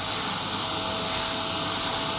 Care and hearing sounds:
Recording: daily activity, microphone in the room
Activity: vacuum cleaning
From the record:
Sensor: 3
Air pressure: 994.4 hPa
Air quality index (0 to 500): 208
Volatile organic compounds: 1000 ppm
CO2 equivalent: 6924 ppm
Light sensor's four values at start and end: 56/130/55/54 and 70/164/68/65

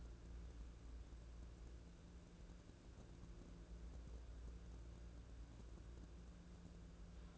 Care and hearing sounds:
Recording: daily activity, microphone in the room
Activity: wipe stove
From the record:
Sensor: 2

